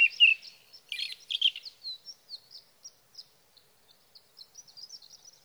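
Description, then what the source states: Sage thrasher song: a loud warbled phrase and rich jumble, fading into a steady sequence of quiet, thin high notes. Singing male near his night roost, through the night, evenings of June 12 to mornings of June 15, 2018, Sierra Valley, California; Swift recorder.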